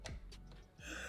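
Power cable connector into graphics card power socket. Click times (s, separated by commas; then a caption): 0.1 s. A plastic power cable plug is pushed into an NVIDIA graphics card's power socket with its clip on the bottom. The clip latches on with a sharp little click at 0.1 s, followed by a fainter tap at about 0.5 s and a soft hiss toward the end. The connector is seated.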